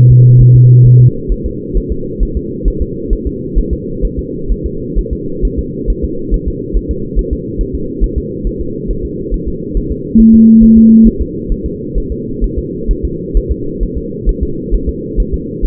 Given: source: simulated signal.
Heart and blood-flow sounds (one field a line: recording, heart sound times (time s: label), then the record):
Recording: fetal heart sounds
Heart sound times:
0.11 s: S2
0.41 s: S1
0.55 s: S2
0.86 s: S1
1.00 s: S2
1.32 s: S1
1.46 s: S2
1.77 s: S1
1.92 s: S2
2.23 s: S1
2.37 s: S2
2.68 s: S1
2.82 s: S2
3.13 s: S1
3.27 s: S2
3.59 s: S1
3.73 s: S2
4.05 s: S1
4.19 s: S2
4.52 s: S1
4.66 s: S2
4.98 s: S1
5.13 s: S2
5.45 s: S1
5.59 s: S2
5.90 s: S1
6.04 s: S2
6.34 s: S1
6.48 s: S2
6.77 s: S1
6.91 s: S2
7.19 s: S1
7.33 s: S2
7.61 s: S1
7.75 s: S2
8.04 s: S1
8.18 s: S2
8.47 s: S1
8.61 s: S2
8.91 s: S1
9.05 s: S2
9.34 s: S1
9.48 s: S2
9.77 s: S1
9.92 s: S2
10.20 s: S1
10.34 s: S2
10.63 s: S1
10.78 s: S2
11.07 s: S1
11.21 s: S2
11.52 s: S1
11.66 s: S2
11.98 s: S1
12.12 s: S2
12.44 s: S1
12.58 s: S2
12.91 s: S1
13.05 s: S2
13.37 s: S1
13.52 s: S2
13.83 s: S1
13.98 s: S2
14.29 s: S1
14.43 s: S2
14.74 s: S1
14.89 s: S2
15.20 s: S1
15.34 s: S2
15.65 s: S1
From the record:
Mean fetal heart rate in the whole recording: 135 bpm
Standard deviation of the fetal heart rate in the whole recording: 3 bpm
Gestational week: 36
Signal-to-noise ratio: -6.6 dB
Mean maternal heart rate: 72 bpm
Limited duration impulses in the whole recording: present